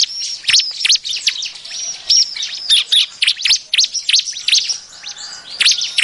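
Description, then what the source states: Bar-winged prinia song: quick high, piercing chirps and down-slurred squeaky notes, tumbling in irregular bursts throughout. Ciblek song used as a lure sound for trapping birds.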